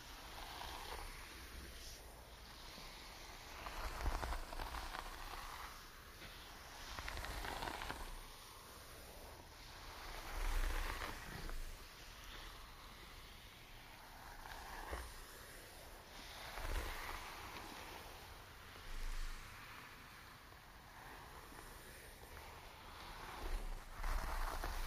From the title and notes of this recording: Sounds and visuals of silky hair being brushed and pinned up with beautiful hair accessories.